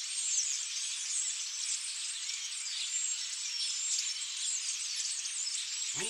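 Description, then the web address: Starlings in a dense, continuous flock chorus of overlapping squeaky whistles and chatter, with a brief low thud near the end. "sound-effects-bible Birds Starlings"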